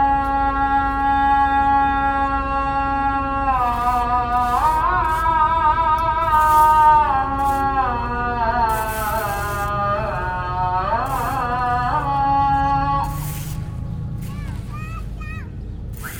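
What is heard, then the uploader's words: A call to prayer rings out over a square: a single voice holds long, steady notes, then bends into wavering, ornamented runs from about four to thirteen seconds before trailing off. A constant low rumble of traffic and crowd sits beneath it throughout. Call to Prayer(ezan) at Sultanahmet Square in Istanbul. This recording was made using a binaural audio setup.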